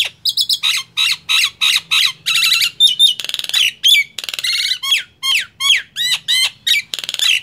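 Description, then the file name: Nias hill myna singing a fast string of ringing, metallic squawks and clear whistled downslurs. "suara jalak nias"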